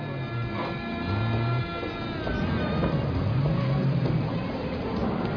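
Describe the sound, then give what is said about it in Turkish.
A truck engine runs steadily as the truck rolls away on its own, its wheels left without chocks, a continuous low rumble with a faint tonal hum layered above it, holding a fairly even loudness throughout with no voices. “Ana, o da ne lan? Ana, kamyon lan.”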